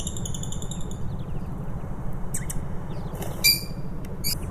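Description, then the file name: Lovebird calls: a quick series of high squeaky chirps, then several sharp shrill bursts and a brief trill, against a continuous low hum. Audio meant as therapy for lovebirds. "audio terapi lovebird"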